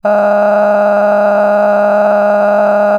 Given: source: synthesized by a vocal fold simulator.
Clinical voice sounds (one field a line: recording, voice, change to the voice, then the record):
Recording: sustained vowel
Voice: female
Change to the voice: cycle-to-cycle stiffness perturbation (roughness), level 8 of 10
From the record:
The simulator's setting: 5.22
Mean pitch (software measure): 206 Hz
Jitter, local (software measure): 2.51%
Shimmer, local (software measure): 16.2%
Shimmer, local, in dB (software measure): 1.43 dB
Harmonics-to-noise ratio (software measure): 11.8 dB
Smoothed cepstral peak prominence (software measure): 14.4 dB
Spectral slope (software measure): -21.8 dB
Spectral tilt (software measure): -11.8 dB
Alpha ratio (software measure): -12.3 dB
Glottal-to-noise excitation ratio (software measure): 0.947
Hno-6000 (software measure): 2.3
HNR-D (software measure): 30.9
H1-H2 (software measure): 4.5 dB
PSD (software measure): 1.1e-04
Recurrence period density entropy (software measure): 0.116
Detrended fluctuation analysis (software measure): 0.0284